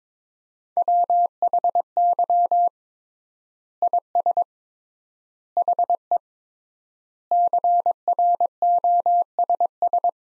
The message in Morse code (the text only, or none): WHY IS HE CROSS